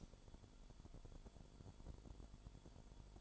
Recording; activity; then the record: daily activity, microphone in the room; light on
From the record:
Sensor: 5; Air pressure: 1008.0 hPa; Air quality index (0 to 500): 102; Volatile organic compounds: 1 ppm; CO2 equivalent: 798 ppm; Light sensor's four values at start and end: 29/68/27/26 and 30/69/28/27